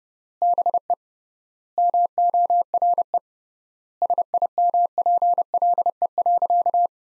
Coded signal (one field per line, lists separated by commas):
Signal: Morse code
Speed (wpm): 31 wpm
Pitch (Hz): 700 Hz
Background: none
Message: BE MORE SIMPLE.